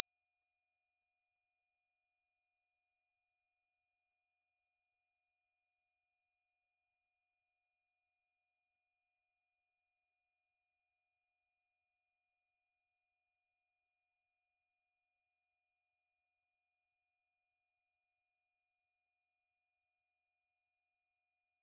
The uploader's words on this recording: 5592 Hz 1 Hz Interval Sine Pure Tone Frequency 441000 Sample Mono.